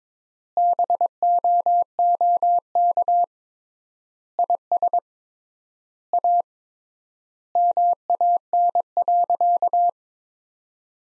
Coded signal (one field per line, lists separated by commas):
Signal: Morse code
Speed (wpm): 22 wpm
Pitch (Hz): 700 Hz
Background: none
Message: BOOK IS A MAN.